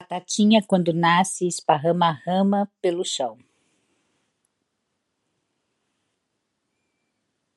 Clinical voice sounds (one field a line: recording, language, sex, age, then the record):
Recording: short text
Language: Brazilian Portuguese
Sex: female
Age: 50 to 59 years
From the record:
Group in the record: control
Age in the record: 56 years